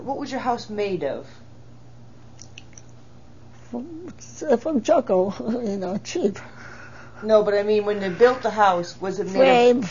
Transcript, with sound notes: what was your house made of?
Oh, from charcoal, you know, cheap. (she laughs)
No, but I mean, when they built the house was it made of...